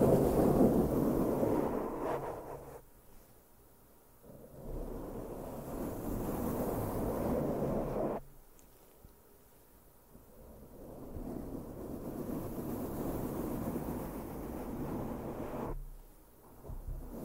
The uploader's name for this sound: INTENSE MIC BRUSHING NO TALKING